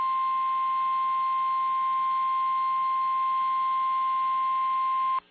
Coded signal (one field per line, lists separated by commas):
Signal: Emergency Alert System (SAME) tones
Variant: 1050 Hz attention tone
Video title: DIRECTV EAS: Tornado Warning